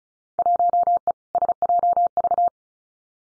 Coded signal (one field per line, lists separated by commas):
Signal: Morse code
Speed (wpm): 36 wpm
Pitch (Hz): 700 Hz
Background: none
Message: 1E SJV